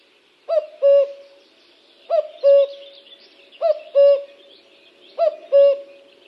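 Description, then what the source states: Common cuckoo calling a clear, low cuck-oo, falling second note held slightly longer, four phrases evenly spaced about every one and a half seconds. Spring 2024, week 20, Finland.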